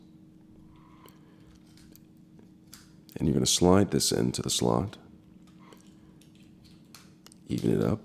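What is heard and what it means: A plastic battery cover cap is placed back onto a Volkswagen key fob housing and lined up before being slid into its slot after a battery replacement. Only light handling taps and rustles are heard while someone talks. Nothing has snapped or clicked into place yet.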